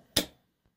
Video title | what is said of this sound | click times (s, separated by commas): DES MARQUE-PAGES ROSES POUR L'INSTITUT CURIE - JE DÉBUTE AVEC CRICUT | met le stylo et on a pu pour entendre le petit clic voilà | 0.2 s